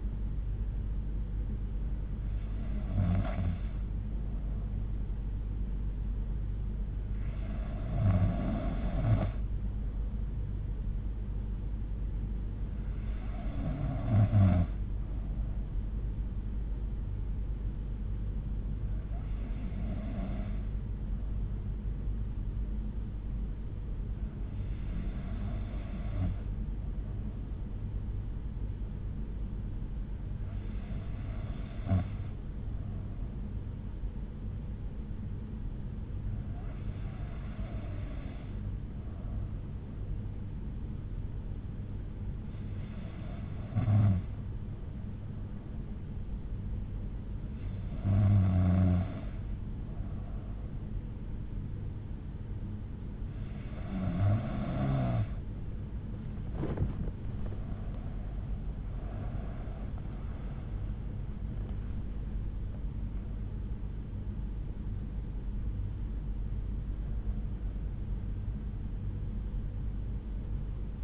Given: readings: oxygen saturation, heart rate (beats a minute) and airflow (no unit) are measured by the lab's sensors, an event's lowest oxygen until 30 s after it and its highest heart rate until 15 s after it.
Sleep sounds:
breathing in sleep by a smartphone at the bedside; 1
31.00-59.30 s: hypopnea (N3, oxygen 93% highest, then 92% lowest)
36.00-66.00 s: new sleep stage, N2 (light sleep)
66.00-71.04 s: new sleep stage, N3 (deep sleep)
From the record:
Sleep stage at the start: N3 (deep sleep); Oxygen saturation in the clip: 92 to 93%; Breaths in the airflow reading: 12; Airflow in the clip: -13.1 to 11.6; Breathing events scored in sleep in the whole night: 368 in 8.0 hours asleep

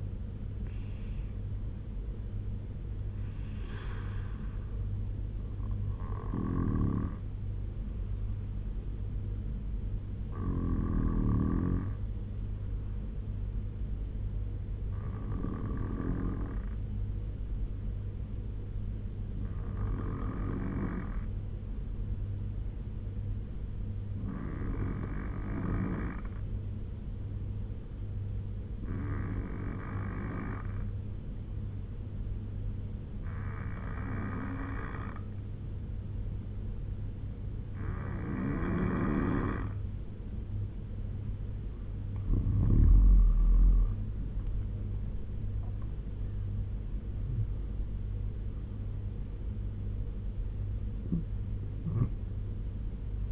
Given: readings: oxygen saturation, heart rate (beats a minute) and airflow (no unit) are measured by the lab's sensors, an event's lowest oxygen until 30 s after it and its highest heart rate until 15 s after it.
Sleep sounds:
breathing in sleep by a smartphone at the bedside; 1
9.00-43.70 s: hypopnea (N2, oxygen 95% highest, then 89% lowest, heart rate 70 at the start, 90 highest)
44.00-53.32 s: new sleep stage, N1 (lightest sleep)
From the record:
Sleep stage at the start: N2 (light sleep); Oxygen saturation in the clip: 89 to 95%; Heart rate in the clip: 68 to 90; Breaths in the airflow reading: 9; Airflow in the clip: -8.8 to 9.7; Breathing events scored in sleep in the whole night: 201 in 6.5 hours asleep

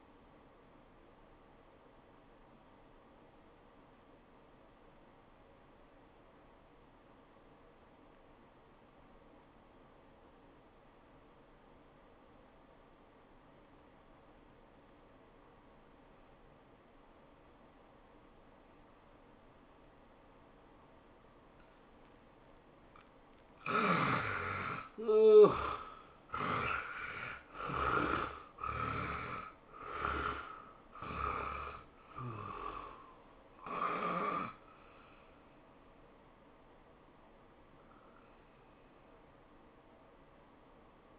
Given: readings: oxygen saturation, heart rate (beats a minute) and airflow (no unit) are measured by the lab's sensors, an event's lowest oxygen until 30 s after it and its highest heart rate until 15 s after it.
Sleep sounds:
breathing in sleep by a voice recorder at the bedside; 1
2.00-32.00 s: new sleep stage, N2 (light sleep)
4.00-25.40 s: obstructive apnea (N2, oxygen 97% highest, then 71% lowest, heart rate 89 at the start, 104 highest)
32.00-41.18 s: new sleep stage, N1 (lightest sleep)
From the record:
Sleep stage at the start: N1 (lightest sleep); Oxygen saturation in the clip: 71 to 97%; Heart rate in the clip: 77 to 104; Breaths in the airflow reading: 6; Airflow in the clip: -15.0 to 13.3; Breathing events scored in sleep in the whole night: 403 in 5.5 hours asleep

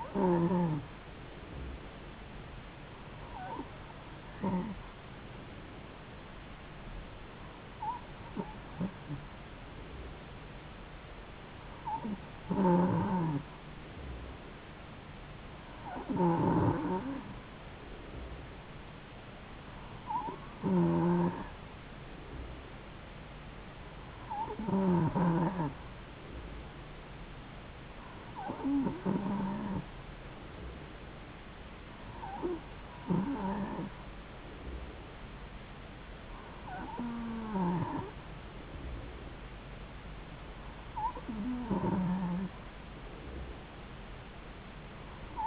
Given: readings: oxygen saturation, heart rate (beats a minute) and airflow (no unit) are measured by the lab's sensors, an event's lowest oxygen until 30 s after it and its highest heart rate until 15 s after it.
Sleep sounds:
breathing in sleep by a voice recorder at the bedside; none
none scored
From the record:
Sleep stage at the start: N2 (light sleep); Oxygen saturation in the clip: 92 to 93%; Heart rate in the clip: 70 to 73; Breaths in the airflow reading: 11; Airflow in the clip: -3.7 to 2.5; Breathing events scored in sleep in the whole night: 270 in 6.1 hours asleep

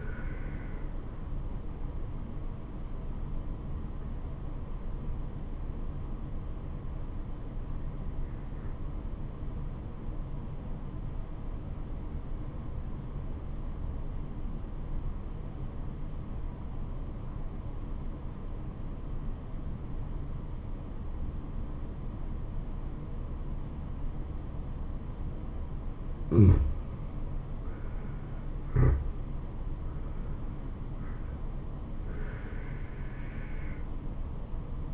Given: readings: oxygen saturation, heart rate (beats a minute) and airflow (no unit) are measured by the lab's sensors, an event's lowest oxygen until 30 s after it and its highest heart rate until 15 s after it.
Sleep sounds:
breathing in sleep by a smartphone at the bedside; 1
6.00-27.40 s: obstructive apnea (N2, oxygen 95% highest, then 85% lowest, heart rate 68 at the start, 78 highest)
From the record:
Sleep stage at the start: N2 (light sleep); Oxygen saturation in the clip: 85 to 95%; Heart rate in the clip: 66 to 78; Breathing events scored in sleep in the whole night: 426 in 7.4 hours asleep

